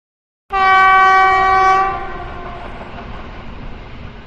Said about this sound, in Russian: Утром Варшавский вокзал гудел. Готовился к отправке поезд на Берлин.